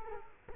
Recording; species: mosquito wingbeat signal from an infrared sensor; Culex quinquefasciatus